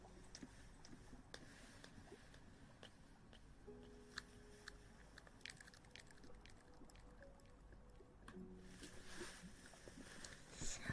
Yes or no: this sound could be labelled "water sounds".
no